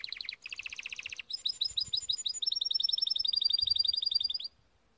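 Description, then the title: Timbrado canary song opening with dense rolling trills, then switching to a long run of quick high chirping notes that ends abruptly. Timbrado canary breed song in a training video. "Canary Bird Singing - Timbrado training video"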